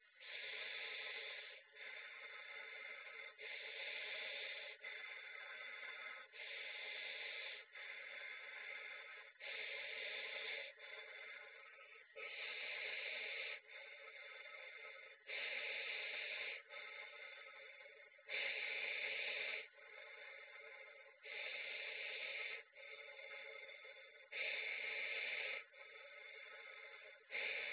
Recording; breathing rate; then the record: paced breathing near a phone; 20 breaths a minute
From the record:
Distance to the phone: 20 cm